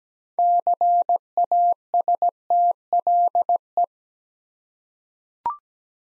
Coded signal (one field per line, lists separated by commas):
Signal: Morse code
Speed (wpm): 17 wpm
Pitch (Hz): 700 Hz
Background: none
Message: CASTLE